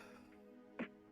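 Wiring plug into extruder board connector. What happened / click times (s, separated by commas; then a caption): The wiring plug clicked into its connector / 0.8 s. The wiring plug is pushed back into the extruder board connector of a D3vil Design Cyclops extruder, re-seated because it had not been seated correctly before. Over steady background music, a single sharp click at 0.8 s marks the connector clipping in and seating.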